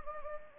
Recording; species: mosquito wingbeat signal from an infrared sensor; Anopheles gambiae